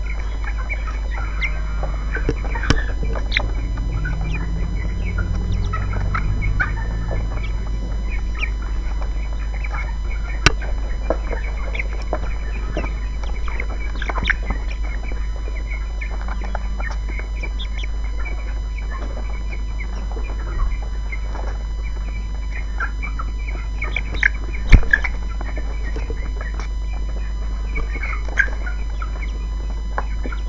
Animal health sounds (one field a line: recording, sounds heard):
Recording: poultry house recording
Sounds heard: background noise or bird activity such as feeding and pecking